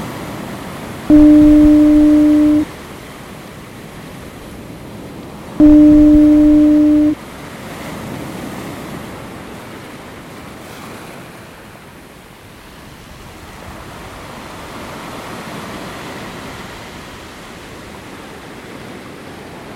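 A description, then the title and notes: A foghorn sounds twice, each a steady low tone lasting about one and a half seconds, near the start and again around five seconds later. Between and after the blasts, a continuous wash of sea surf rolls on, swelling gently and fading. Ireland - Hook Head Lighthouse. Background sound "Clevedon Sea soundscape 2" by turbostream. Generated sound of Hook Head foghorn in Audacity.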